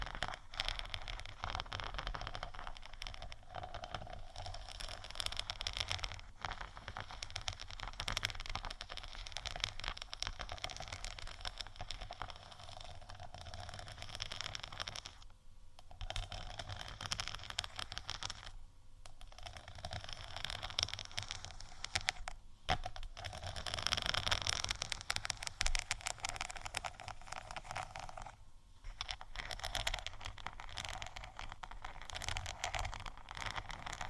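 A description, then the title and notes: Scratching and tapping on a crystal sticker sheet, a dense, dry crackle of fine rasps and quick clicks that runs almost without pause. Brief gaps fall near 15, 19, 22 and 28 seconds, and the scratching grows brighter and louder around 24 seconds. ASMR Crystal Sticker Sheet Scratch & Tap（No Talking）.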